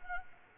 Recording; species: mosquito wingbeat signal from an infrared sensor; Culex quinquefasciatus